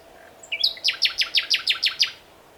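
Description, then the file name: Common nightingale singing a short intro followed by eight evenly spaced, emphatic repeated notes, with a faint steady hum beneath. "Luscinia megarhynchos"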